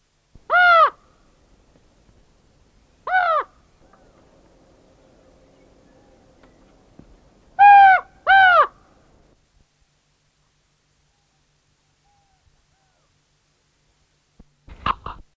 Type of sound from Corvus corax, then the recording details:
begging call. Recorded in captivity. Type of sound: begging call. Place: Vogelpark Osterode, Niedersachsen, DE. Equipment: Halbspur, 9,5 cm/s. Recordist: Lütgens, Hans. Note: Bettellaute eines Vorjährigen